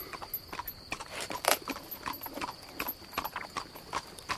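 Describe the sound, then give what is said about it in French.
A horse's hooves clip-clop in a steady, brisk rhythm, each hollow knock sharp and clear over a faint, constant high-pitched hiss, with no voices. “Avec mon cheval.”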